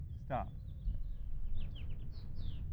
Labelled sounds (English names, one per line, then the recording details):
House Finch song
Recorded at Lynbrook on Long Island, New York, on 17 June 1975
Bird F